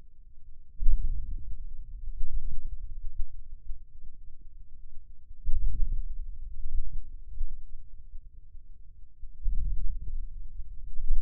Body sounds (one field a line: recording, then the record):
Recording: forearm muscle sounds (acoustic myography)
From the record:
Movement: hand closing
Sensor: system 2, bracelet of six BSWA MPA416 microphones around the upper forearm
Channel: 5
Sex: male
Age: 22 years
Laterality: right